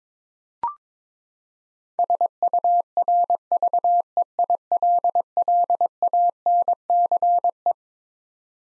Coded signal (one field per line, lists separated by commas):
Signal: Morse code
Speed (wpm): 22 wpm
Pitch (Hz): 700 Hz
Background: none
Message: SURVEILLANCE